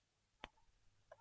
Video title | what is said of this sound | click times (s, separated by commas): Magicycle Ocelot Pro Controller Replacement | push those together until it snaps a couple of times and now it's all the way in | 0.4 s, 1.1 s